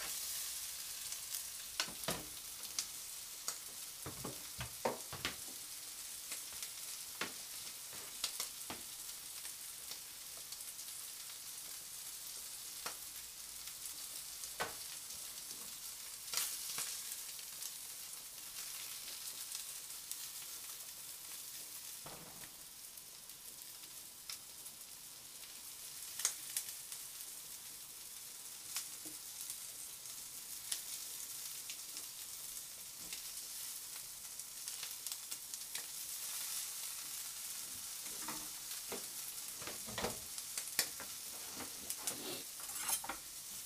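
Tomato sauce pasta being cooked: a steady, dense sizzle of frying fills the whole stretch, bright and hissing. Sharp clicks and knocks of stirring break through every second or two, clustering more thickly near the end, with a brief quieter dip around 25 seconds.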